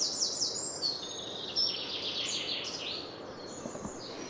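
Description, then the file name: Eurasian wren singing a fast, high-pitched cascade of trills and chattering notes that descends slightly and rolls on without a break, with soft background noise. "Troglodytes troglodytes"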